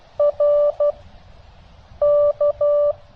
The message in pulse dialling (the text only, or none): none